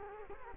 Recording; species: mosquito wingbeat signal from an infrared sensor; Culex quinquefasciatus